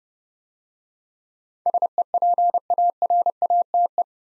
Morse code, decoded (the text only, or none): SEPARATE